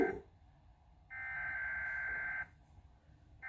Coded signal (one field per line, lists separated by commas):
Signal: Emergency Alert System (SAME) tones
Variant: header bursts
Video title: EAS 132: Yep, that's a high wind warning